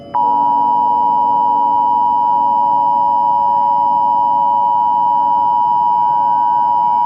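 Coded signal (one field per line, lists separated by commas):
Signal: Emergency Alert System (SAME) tones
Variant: 853 and 960 Hz attention tone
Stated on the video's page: EAS alert tones in a fictional exploding-sun scenario, remastered, not a real broadcast.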